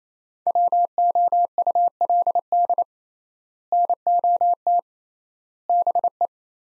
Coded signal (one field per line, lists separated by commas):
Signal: Morse code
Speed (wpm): 28 wpm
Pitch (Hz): 700 Hz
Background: none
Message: WOULD NOT BE